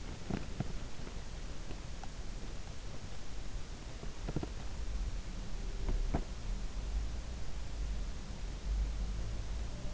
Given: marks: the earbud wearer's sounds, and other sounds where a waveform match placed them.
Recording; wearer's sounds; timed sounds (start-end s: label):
sounds in sleep by an in-ear microphone; teeth grinding
0.00-6.51 s: teeth grinding